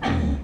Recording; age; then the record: pig call; growing-finishing pig (85 days or more)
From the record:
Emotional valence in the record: negative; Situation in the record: barren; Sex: female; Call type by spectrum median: low-frequency call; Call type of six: low-frequency modulated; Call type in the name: low-frequency stable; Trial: 1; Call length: 0.43 s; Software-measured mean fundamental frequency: 42 Hz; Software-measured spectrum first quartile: 128 Hz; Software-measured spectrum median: 290 Hz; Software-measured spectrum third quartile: 1006 Hz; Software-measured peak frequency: 236 Hz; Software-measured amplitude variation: 131 dB a second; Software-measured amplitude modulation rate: 26.6 a second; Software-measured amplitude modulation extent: 4.9 dB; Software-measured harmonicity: -1.2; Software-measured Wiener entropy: -1.69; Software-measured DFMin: 510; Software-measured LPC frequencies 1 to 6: 750, 1742, 2195, 3208, 4147, 5761 Hz